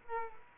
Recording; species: mosquito wingbeat signal from an infrared sensor; Culex quinquefasciatus